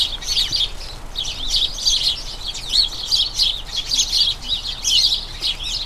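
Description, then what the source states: House sparrows chirping in rolling bursts, a group of birds trading rapid bright notes that rise and fall in loudness. A colony of a dozen house sparrows chattering incessantly and excitedly in a small front garden as crocuses bloom, a sign they are turning toward the breeding season.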